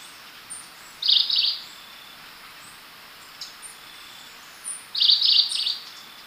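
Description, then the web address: Orange-bellied euphonia giving two brief bursts of high, buzzy chattering notes about four seconds apart, with a few faint thin chips between them over soft hiss. Recorded in Ecuador. "Natures Songs S America Birds of Ecuador Orange-bellied Euphonia"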